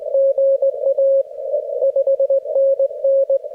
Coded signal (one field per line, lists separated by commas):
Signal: Morse code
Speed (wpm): 20 wpm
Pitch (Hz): 560 Hz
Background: radio noise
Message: GA 5NN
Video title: Morse Code Head Copy Practice | No interruptions